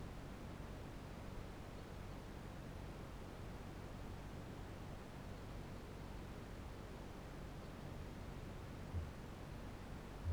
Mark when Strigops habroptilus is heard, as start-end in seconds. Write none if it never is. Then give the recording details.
8.77-9.28. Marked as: faintness 5/5. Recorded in New Zealand. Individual Barnard